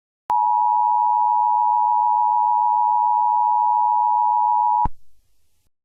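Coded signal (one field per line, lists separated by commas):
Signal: Emergency Alert System (SAME) tones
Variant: 853 and 960 Hz attention tone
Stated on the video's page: Fictional EAS scenario about the Jersey Devil.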